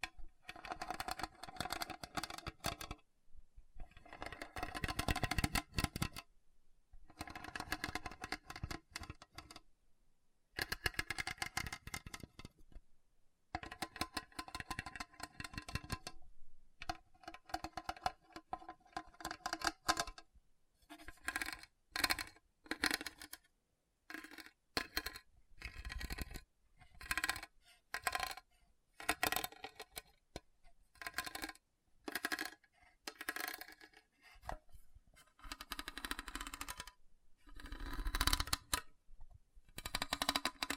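Hard, bumpy scratching in bursts of varying length, long rough strokes early, then quicker, choppier scrapes separated by short silences after about twenty seconds.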